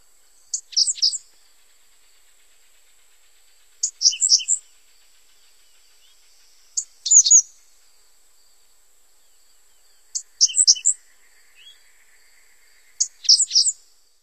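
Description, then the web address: Five-striped sparrow song: short high jumbled phrases of sharp chips and buzzy notes, repeated about every three seconds with silent gaps between. "Songs of Birds of North America Stokes. Five-striped Sparrow"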